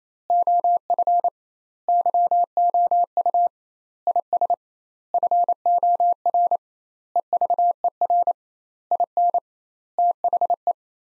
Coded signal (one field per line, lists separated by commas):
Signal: Morse code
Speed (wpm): 28 wpm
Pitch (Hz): 700 Hz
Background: none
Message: OF YOU IS FOR EVER IN THE